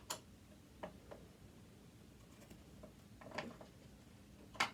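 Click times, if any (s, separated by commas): 4.6 s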